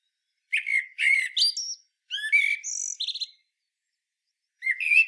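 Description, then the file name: Common blackbird giving brief warbling phrases that end in thin, high squeaks, with a short silent gap before a final burst. "Turdus merula"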